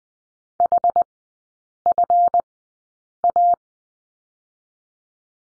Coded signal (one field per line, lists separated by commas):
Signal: Morse code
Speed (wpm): 20 wpm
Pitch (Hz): 700 Hz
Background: none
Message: HFA